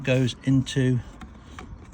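A plastic washer bottle filler neck with a seal and a new bracket is being handled and guided into the bottom of the washer fluid reservoir. Someone talks during the first second, followed by faint rubbing and small handling noises, including a brief sharp tick at about 1.6 s. Nothing has seated or clicked yet.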